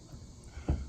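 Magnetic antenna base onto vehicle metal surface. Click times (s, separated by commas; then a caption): 0.7 s. The magnetic antenna base of a weBoost Drive Reach vehicle cell booster is set down onto a vehicle's metal surface. After a low background murmur, a short, sharp click is heard at 0.7 s as the magnet snaps down. The base is seated.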